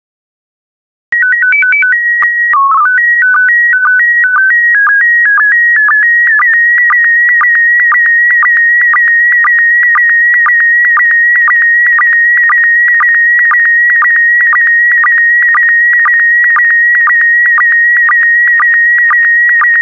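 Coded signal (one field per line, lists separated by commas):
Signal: SSTV (slow-scan television)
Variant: PD120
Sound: short stepped header tones, then a steady warbling high tone with regular chirpy clicks about twice a second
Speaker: complete. You can now check your decoded image against the picture that is shown on the video.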